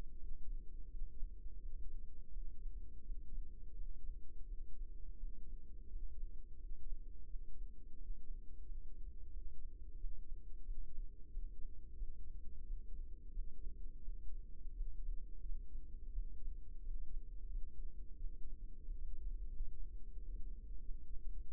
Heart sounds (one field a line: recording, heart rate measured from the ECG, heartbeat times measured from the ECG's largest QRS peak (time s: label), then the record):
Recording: heart sounds by microphone in the right ear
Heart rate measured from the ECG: 87 bpm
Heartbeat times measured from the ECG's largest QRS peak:
0.16 s: heartbeat
0.86 s: heartbeat
1.58 s: heartbeat
2.29 s: heartbeat
3.01 s: heartbeat
3.73 s: heartbeat
4.45 s: heartbeat
5.16 s: heartbeat
5.87 s: heartbeat
6.56 s: heartbeat
7.25 s: heartbeat
7.94 s: heartbeat
8.61 s: heartbeat
9.29 s: heartbeat
9.95 s: heartbeat
10.61 s: heartbeat
11.28 s: heartbeat
11.94 s: heartbeat
12.62 s: heartbeat
13.30 s: heartbeat
14.01 s: heartbeat
14.72 s: heartbeat
15.41 s: heartbeat
16.11 s: heartbeat
16.80 s: heartbeat
17.48 s: heartbeat
18.16 s: heartbeat
18.82 s: heartbeat
19.48 s: heartbeat
20.14 s: heartbeat
20.80 s: heartbeat
21.44 s: heartbeat
From the record:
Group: healthy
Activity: breath hold 0-18 s, rest 18-22 s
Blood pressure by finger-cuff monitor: 105/65 mmHg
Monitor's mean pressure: 76 mmHg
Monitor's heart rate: 86 bpm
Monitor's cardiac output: 6.4 L/min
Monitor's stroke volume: 75 mL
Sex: male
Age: 22 years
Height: 181 cm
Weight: 60 kg